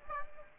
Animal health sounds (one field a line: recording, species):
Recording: mosquito wingbeat signal from an infrared sensor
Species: Aedes aegypti